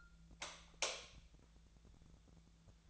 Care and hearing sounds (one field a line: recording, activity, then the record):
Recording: daily activity, microphone in the room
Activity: light off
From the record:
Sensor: 3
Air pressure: 1000.0 hPa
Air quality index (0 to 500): 125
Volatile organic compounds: 2 ppm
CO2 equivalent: 1115 ppm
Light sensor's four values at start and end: 43/113/48/52 and 41/105/45/49